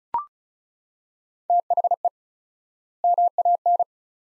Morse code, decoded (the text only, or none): THE MAN